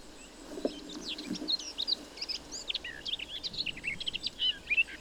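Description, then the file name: Eurasian blackcap warbling continuously, a jumble of scratchy and whistled high notes, with a few low soft thuds early on. "Sylvia atricapilla"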